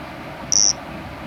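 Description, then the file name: One brief, clean, high-pitched cricket chirp in the middle, surrounded by faint steady hiss. "Nesobia mjobergi"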